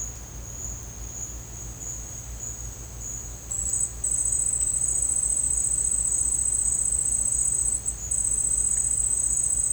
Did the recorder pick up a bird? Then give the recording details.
no. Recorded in dense forest near Puerto Asís, Putumayo, Colombia, on 22 December 2024 at 09:30. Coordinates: 0.481, -76.323. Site G100